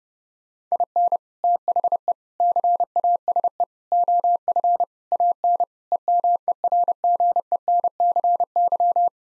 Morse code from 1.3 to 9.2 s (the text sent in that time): THE CASE OF AN EMERGENCY